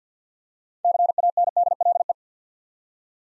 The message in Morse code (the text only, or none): CANDLE